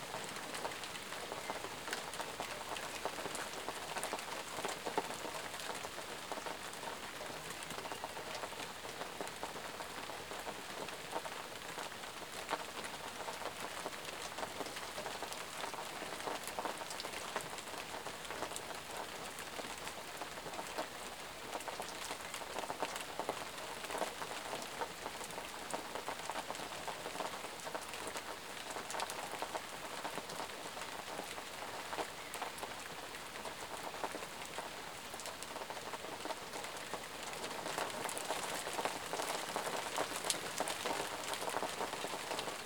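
Rain falls steadily throughout, a dense, even hiss of countless drops pattering on a surface. The sound stays bright and constant with little variation, growing slightly louder and fuller in the last few seconds. No other sounds stand out.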